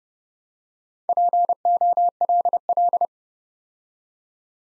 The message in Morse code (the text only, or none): POLL